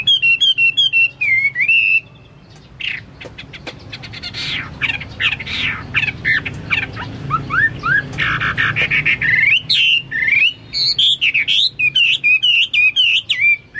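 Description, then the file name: Chinese hwamei song, a rich medley of slurred whistles and rasping, noisy bursts, with a brief pause near two seconds before fast varied phrases resume. "omkicau hwamei"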